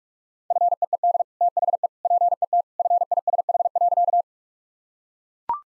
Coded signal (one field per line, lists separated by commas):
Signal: Morse code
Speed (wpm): 41 wpm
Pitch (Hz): 700 Hz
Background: none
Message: FEED THE PET FISH.